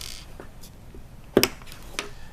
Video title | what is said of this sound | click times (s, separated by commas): Smart Home Guided Construction | And you'll see a little click, and that will be in nicely. | 1.4 s